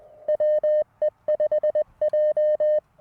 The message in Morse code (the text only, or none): WE5J